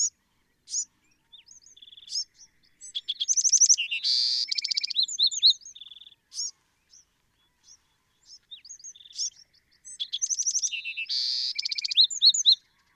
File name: Bewick's Wren